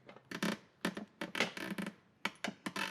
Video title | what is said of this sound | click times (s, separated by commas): TOTO Costco WASHLET Bidet Install | And you'll hear it click. | 2.3 s